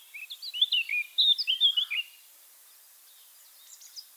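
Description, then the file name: Eurasian blackcap song: a rapid, scratchy warbling phrase of high twittering notes lasting about two seconds, then near silence with a faint chirp at the end. "Sylvia atricapilla"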